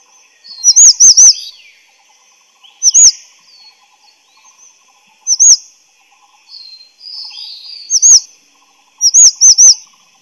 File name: 灰喉山椒鳥